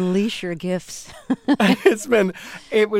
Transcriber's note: soundbite of laughter